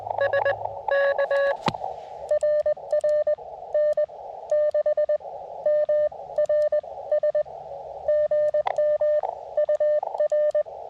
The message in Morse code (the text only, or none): SK RR N6MRS GM UR